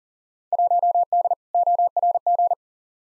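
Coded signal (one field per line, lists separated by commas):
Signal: Morse code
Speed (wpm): 37 wpm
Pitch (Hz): 700 Hz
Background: none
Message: 1D ORG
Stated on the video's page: Computer-generated Morse at 40wpm sending Field Day contest exchanges for head-copy practice, each sent, spoken, then sent again.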